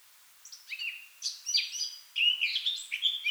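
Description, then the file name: Eurasian blackcap song in two bursts of mixed warbled and clear whistled notes, over faint background hiss. "Sylvia atricapilla"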